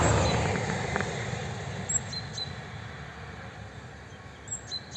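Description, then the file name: Great tit calls: a few high, thin two-part notes dropping in pitch, after a fading low rumble at the start. "Parus major"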